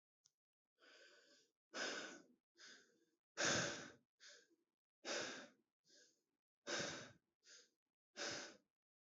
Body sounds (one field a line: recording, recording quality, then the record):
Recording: shallow breathing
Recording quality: excellent, no background noise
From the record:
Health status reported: healthy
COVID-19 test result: negative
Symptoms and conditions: cough, sore throat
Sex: male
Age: 27 years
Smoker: yes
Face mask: not worn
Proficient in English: yes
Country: India